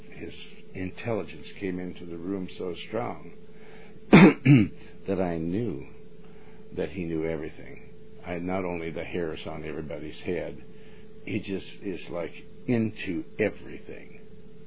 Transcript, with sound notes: his intelligence came into the room so strong (clears throat) that I knew that he knew everything. I, not only the hairs on everybody's head, he just is like, into everything.